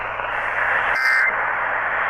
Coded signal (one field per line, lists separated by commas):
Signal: Emergency Alert System (SAME) tones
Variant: end-of-message bursts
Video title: DXing Alerts | EAS #1477-1487